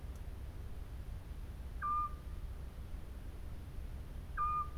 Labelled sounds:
Eurasian Scops Owl (Otus scops)
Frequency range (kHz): Eurasian Scops Owl (Otus scops) 0.9-2.6 kHz
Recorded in France

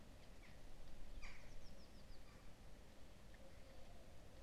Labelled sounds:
Eurasian Jackdaw (Corvus monedula), Common Firecrest (Regulus ignicapilla)
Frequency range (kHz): Eurasian Jackdaw (Corvus monedula) 0.6-10.1 kHz; Common Firecrest (Regulus ignicapilla) 4.1-6.7 kHz
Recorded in France

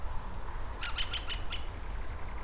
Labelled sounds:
Ring Ouzel (Turdus torquatus), Common Nightingale (Luscinia megarhynchos)
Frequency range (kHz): Ring Ouzel (Turdus torquatus) 0.8-10.8 kHz; Common Nightingale (Luscinia megarhynchos) 1.5-2.8 kHz
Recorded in France

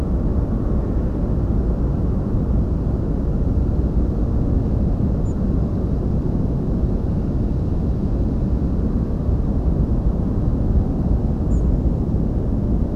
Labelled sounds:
European Robin (Erithacus rubecula)
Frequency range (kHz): European Robin (Erithacus rubecula) 6.0-9.0 kHz
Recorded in France

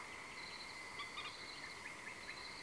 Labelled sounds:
Common Moorhen (Gallinula chloropus), Common Nightingale (Luscinia megarhynchos)
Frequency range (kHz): Common Moorhen (Gallinula chloropus) 1.1-5.0 kHz; Common Nightingale (Luscinia megarhynchos) 1.6-2.8 kHz
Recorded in France

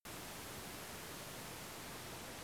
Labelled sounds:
none
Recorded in France

